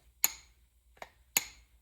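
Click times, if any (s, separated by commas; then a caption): 0.2 s, 1.4 s. A click-type torque wrench is pushed until it reaches its rated setting, and the internal head pivot breaks over so the wrench clicks against itself. Two sharp, bright clicks ring at 0.2 s and 1.4 s, with a fainter tick in between near 1.0 s. The wrench has clicked at its setting.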